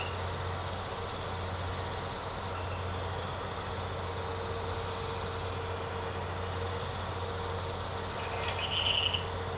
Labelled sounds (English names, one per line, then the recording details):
none
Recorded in secondary vegetation near Puerto Asís, Putumayo, Colombia, on 21 March 2025 at 00:30
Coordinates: 0.468, -76.324
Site G059